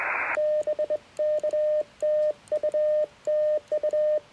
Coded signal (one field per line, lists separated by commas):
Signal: Morse code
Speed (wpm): 22 wpm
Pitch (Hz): 610 Hz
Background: radio noise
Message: BK TU TU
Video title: One-Tenth of a Watt…and It Still Works! Morse Code and QRPp POTA at Fort Dobbs State Historic Site!